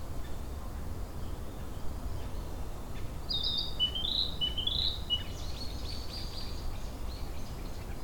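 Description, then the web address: Narcissus flycatcher singing a brief phrase of clear, slurred whistles alternating higher and lower, followed by fainter notes, against a constant low rumbling background. Song, 10 June 2015, Jyumoku park. "saezuri kibitaki 20150610 jyumokukouenn"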